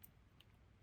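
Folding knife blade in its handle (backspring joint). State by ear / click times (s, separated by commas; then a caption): not seated / none. A restored vintage folding knife's blade is worked against its backspring in the handle, with a faint sharp tick near 0.1 s and a softer one near 0.4 s over a low background rumble. The blade has not yet snapped into place; nothing has seated or clicked yet.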